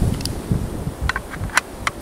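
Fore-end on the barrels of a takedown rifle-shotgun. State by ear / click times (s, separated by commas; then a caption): not seated / none. The wooden fore-end of a Savage 24C takedown rifle-shotgun combination gun is refitted by hand onto its metal barrels, with no tools. Over low rustling handling noise, a few short, sharp ticks and light knocks come through. Nothing has seated or snapped into place yet.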